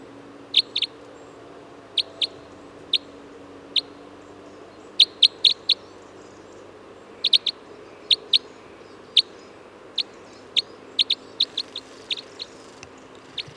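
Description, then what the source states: Red crossbill flight calls: sharp, clipped kip notes given singly, in pairs and in short bursts at irregular intervals, over a faint steady low hum. Type N call type; flight calls.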